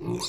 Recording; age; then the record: pig call; weaner (32 to 43 days)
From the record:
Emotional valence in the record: negative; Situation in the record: long isolation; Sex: female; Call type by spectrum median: low-frequency call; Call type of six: mixed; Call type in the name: high-frequency modulated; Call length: 0.29 s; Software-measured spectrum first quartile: 306 Hz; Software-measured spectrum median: 1332 Hz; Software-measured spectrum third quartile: 5097 Hz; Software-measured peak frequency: 355 Hz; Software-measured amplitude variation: 122 dB a second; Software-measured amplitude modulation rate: 19.1 a second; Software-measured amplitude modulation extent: 6.4 dB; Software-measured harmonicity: 3.8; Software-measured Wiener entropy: -4.22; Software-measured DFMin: 1169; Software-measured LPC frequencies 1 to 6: 340, 1018, 2414, 3736, 4252, 4749 Hz